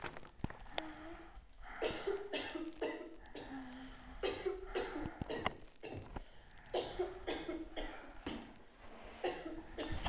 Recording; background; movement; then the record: deep breathing; a bystander coughing; sitting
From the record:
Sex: female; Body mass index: 18.8 kg/m2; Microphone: on the chest, facing outward